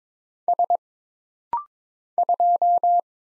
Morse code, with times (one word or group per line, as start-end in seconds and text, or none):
0.5-0.8 S
2.2-3.0 2